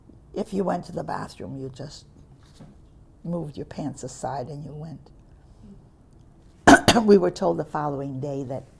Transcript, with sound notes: if you went to the bathroom you just, moved your pants aside and you went. (clears her throat) We were told the following day that